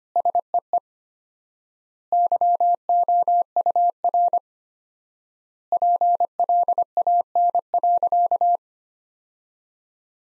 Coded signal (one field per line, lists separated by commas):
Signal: Morse code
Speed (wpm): 25 wpm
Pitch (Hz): 700 Hz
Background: none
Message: SEE YOUR PLAN.